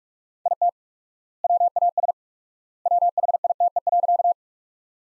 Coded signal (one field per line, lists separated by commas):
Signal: Morse code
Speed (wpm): 46 wpm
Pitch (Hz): 700 Hz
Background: none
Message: IT WAS WHITE.